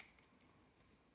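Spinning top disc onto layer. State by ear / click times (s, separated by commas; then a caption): not seated / none. A plastic and metal disc is lined up and pressed onto the layer of a B-173 Lucifer The End Drift Beyblade Burst Sparking spinning top, with only a faint brief tick at 0.2 s over quiet background noise. Nothing has clicked or seated yet.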